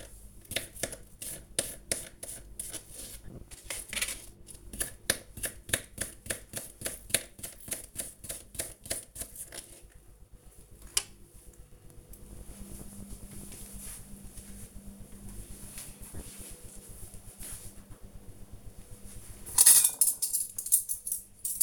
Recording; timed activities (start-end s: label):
household activities, microphone on the right wrist
0.00-10.80 s: cutting vegetables
17.84-21.63 s: putting away the dishes